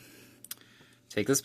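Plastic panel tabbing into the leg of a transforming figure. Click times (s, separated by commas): 0.5 s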